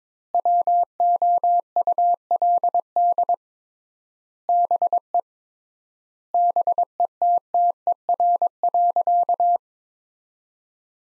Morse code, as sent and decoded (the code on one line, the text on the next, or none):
.-- --- ..- .-.. -.. / -... . / -... . - - . .-. .-.-.-
WOULD BE BETTER.